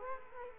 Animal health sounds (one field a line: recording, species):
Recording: mosquito wingbeat signal from an infrared sensor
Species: Culex quinquefasciatus